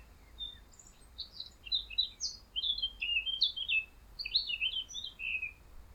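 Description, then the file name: Eurasian blackcap warbling: a brisk stream of high, chirpy, slurred notes in loose bursts across six seconds, over a soft low hum. "Sylvia atricapilla"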